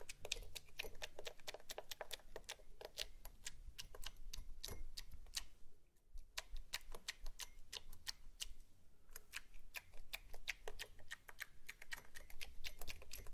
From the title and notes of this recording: ASMR SLIME! 5 Satisfying Slimes.